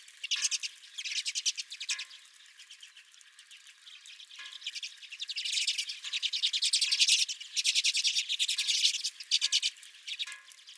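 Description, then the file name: Redpolls chattering, bursts of fast trilled chips and buzzes, with a quieter pause before the calling builds again. Several redpolls at the recordist's feeder. "Redpolls at My Feeder"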